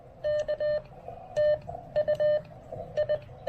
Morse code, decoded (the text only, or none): K TU I